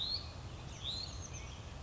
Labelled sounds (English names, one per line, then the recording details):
Hutton's Vireo
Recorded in Sonoma County, California